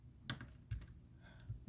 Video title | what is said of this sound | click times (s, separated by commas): iPhone 7 Battery Replacement Guide - RepairPartsUSA.com | and there we go just want to make sure it snaps into place | 0.3 s